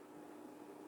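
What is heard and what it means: The two halves of a continuous nylon zipper tape are being fed into a metal zipper pull (slider) and pushed together by hand. Only a steady, even noise with a low hum is heard, with no sharp sounds. The teeth have not clicked or locked into the slider yet.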